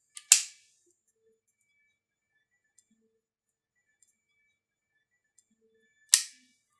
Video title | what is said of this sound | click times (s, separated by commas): ECOMULTI blandeautomat - Installation | the retaining pins clicks | 0.3 s, 6.1 s